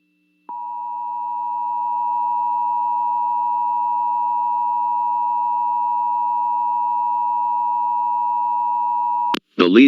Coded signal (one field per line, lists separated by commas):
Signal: Emergency Alert System (SAME) tones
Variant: 853 and 960 Hz attention tone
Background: speech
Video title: EAS Child Abduction Emergency (AMBER ALERT) Lee`s Summit, Missouri Statewide Alert (KDRU-FM)